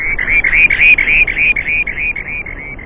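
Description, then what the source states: Rock Sandpiper song: a steady, rapid rolling trill of repeated warbled notes that fades slightly toward the end. Pacific sandpiper of windswept, storm-tossed rocky jetties and boulders, lookalike of the Purple Sandpiper; song, not normally given in winter on the jetties.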